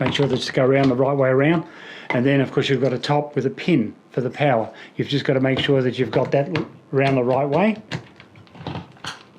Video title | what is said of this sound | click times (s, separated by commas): Ronin S with Nikon Z6 and complete accessories kit. | Click, you hear it goes all together. You'll find this is a funny thing, and I found this quirky, that it doesn't actually seal down very well. It doesn't sort of lock, | 8.7 s